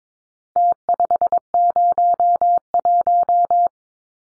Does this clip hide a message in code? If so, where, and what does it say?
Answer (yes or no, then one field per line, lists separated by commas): yes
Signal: Morse code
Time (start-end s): 0.6-3.7 s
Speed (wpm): 22 wpm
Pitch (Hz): 700 Hz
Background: none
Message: T501